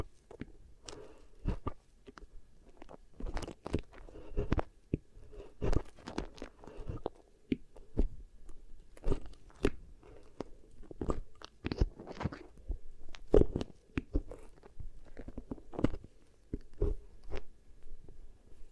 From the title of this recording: Really Nice Beeswax Ear Triggers